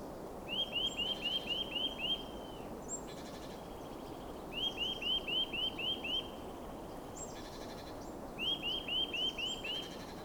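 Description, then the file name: Eurasian nuthatch giving three bursts of fast, evenly spaced upslurred whistles, each run of six or seven notes, while other birds chatter faintly and noise hisses steadily underneath. "Sitta europaea"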